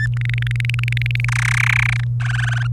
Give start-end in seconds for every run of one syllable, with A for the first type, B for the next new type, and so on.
0.00-0.07 A, 0.14-1.25 B, 1.28-2.04 C, 2.21-2.67 D